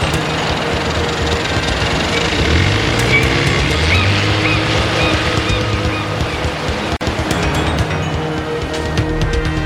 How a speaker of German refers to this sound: Der seltsame Sam jagte mit dem Motorboot in die See hinaus.